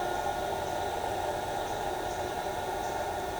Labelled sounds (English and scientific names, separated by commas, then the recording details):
none
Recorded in shrubland near Pivijay, Magdalena, Colombia, on 17 April 2023 at 07:30
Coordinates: 10.453, -74.365
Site P5-G022